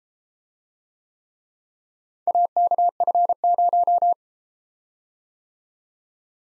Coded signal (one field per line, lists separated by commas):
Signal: Morse code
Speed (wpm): 31 wpm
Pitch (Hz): 700 Hz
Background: none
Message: AKF0